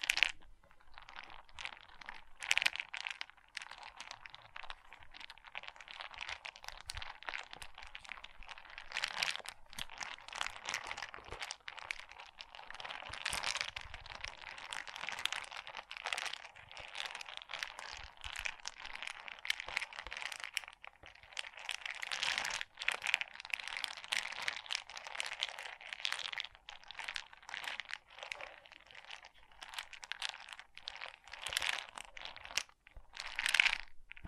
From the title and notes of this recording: ASMR Relaxing Pixel Art Beads ( No Talking).